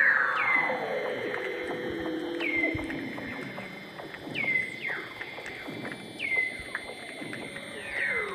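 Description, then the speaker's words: Weddell seal underwater song: repeated sharp downward sweeps levelling into steady tones about every two seconds, over a long descending glide and background clicking and crackling. Recorded underwater by hydrophone through a hole in the sea ice near Scott Base, Ross Island, Antarctica; space-like, bird-call and jungle-like song, with background clicks and crackling probably from snapping shrimps. "Wow, I have been sitting here completely mesmerised by the Weddell Seal Symphony. All of those sounds, the space sounds, those bird calls, jungle sounds, everything is seal song."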